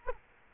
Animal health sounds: mosquito wingbeat signal from an infrared sensor; Culex quinquefasciatus

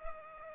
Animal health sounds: mosquito wingbeat signal from an infrared sensor; Culex pipiens

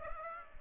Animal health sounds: mosquito wingbeat signal from an infrared sensor; Aedes aegypti

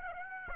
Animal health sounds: mosquito wingbeat signal from an infrared sensor; Aedes aegypti

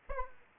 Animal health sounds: mosquito wingbeat signal from an infrared sensor; Aedes aegypti

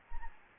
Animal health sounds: mosquito wingbeat signal from an infrared sensor; Anopheles gambiae

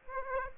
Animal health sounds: mosquito wingbeat signal from an infrared sensor; Aedes aegypti

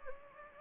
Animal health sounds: mosquito wingbeat signal from an infrared sensor; Anopheles gambiae

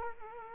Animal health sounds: mosquito wingbeat signal from an infrared sensor; Culex quinquefasciatus

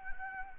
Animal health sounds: mosquito wingbeat signal from an infrared sensor; Anopheles gambiae

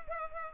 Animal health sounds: mosquito wingbeat signal from an infrared sensor; Culex pipiens

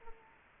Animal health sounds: mosquito wingbeat signal from an infrared sensor; Culex quinquefasciatus

